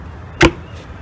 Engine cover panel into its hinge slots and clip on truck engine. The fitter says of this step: and then you hear it click.